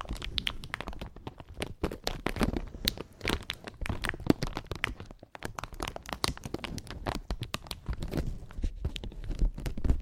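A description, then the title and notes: Slow, gentle crinkle triggers: dense clusters of sharp, bright crackles and crunches run through the whole clip, with brief softer pauses near two, five and eight seconds. The rustling is irregular but continuous, with occasional louder snaps standing out. ASMR Slow & Gentle Crinkle Triggers. (No Talking).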